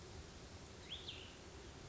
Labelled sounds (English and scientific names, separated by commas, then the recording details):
Cassin's Vireo (Vireo cassinii)
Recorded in Sonoma County, California